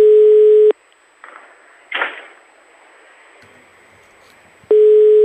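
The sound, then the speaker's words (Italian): A telephone line ringing tone: a loud, steady, buzzy low-pitched beep sounds, then a gap of faint line hiss with a couple of soft noise bursts before the beep returns. “Un telefono che squilla”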